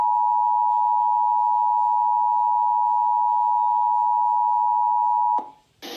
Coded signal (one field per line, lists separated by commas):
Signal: Emergency Alert System (SAME) tones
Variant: 853 and 960 Hz attention tone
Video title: Local on the 8s Dallas, TX + Nationwide EAS Test 8/11/2021